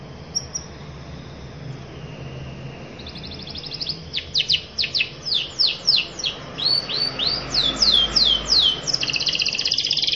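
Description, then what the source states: Canary singing a repeated series of swept downslurred notes that gets louder, ending in a fast bright trill. Canary in long, lively continuous singing ('gacor panjang'), performing a fancy ('mewah') cengkok song-phrasing style.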